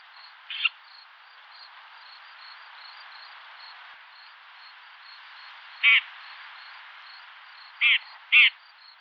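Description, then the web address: Red-backed shrike giving four short harsh call notes at irregular gaps, the last two close together, over a steady background hiss. "lanius collurio call"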